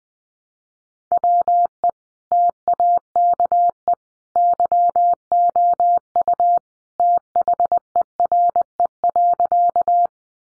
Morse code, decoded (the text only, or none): WE TAKE YOU THERE.